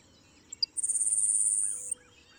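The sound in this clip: Grasshopper sparrow singing once: a pair of quick high clicks leading into a dry, hissing buzz held for just over a second.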